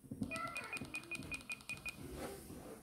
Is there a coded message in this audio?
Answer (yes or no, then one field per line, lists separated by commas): no